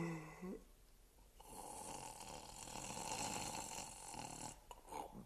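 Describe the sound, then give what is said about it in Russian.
Loud, raspy snoring rattles on in a long drawn-out breath, with a low, rough throaty buzz that swells and fades, preceded by a short deeper grunt at the start. “Как только я услышал храп, дремота сморила и меня, и я тоже уснул.”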